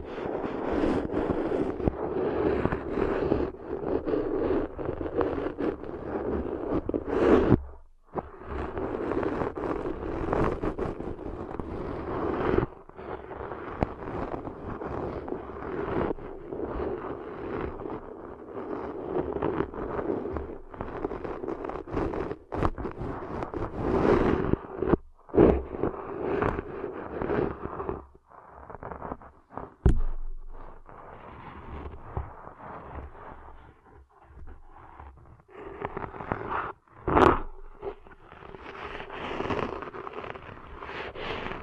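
Ear cleaning sounds: dense, rough scratching and rubbing with a low rumble, broken by brief silent gaps near 8, 13, 25, 30 and 37 seconds.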